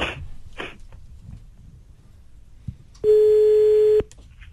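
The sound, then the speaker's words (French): A telephone ringing tone of an outgoing call to a mobile phone sounds once: a loud, steady, mid-pitched electronic beep lasting about a second, preceded by a couple of short rustling bursts and quiet background hum. “Allez, on appelle plutôt le portable ou le fixe? Appelle le portable.”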